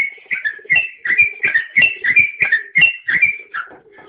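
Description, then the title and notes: Bird singing a rapid string of clear whistled notes, alternating higher and lower pitches, repeated about three times a second without pause. "Bird Sound. Kicau Burung Lengkap"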